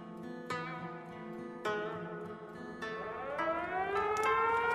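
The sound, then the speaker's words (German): An air raid siren wails steadily, its pitch sliding upward in long rising sweeps, with a few sharp bursts breaking in along the way, sounding an air raid alarm in Hiroshima, Japan, in 1945. No voices are heard. “Schon wieder Fliegeralarm!”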